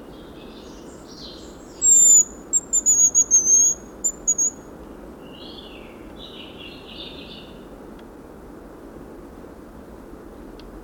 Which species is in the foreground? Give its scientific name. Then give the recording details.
Tetrastes bonasia. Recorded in the wild. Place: Bicaz, Moldova, RO. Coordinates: 46.91, 26.085. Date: 1973-04-21. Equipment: Nagra III BH, Sennheiser MD 21, parabola. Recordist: Schubert, Michael